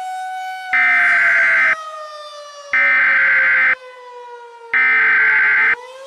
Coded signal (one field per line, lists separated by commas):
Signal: Emergency Alert System (SAME) tones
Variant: header bursts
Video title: *VALID TONES* Snownado (EAS Scenario)